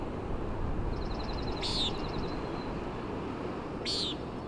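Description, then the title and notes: Common nighthawk calling two buzzy nasal peents roughly two seconds apart, with another bird's quick dry trill and a constant backdrop of wind and sea noise. Peenting and wing booms, 3:58am 12 June 2017, summit of Schoodic Head, Schoodic Division, Acadia National Park; gusting wind and ocean noise, high-pass filtered, leveled; Fostex FR2 with Sennheiser ME62 omni mic. "Common Nighthawk at Schoodic Head. Common Nighthawk "peenting" and "wing booms" 3:58am on top of Schoodic Head (Schoodic Div., Acadia National Park)"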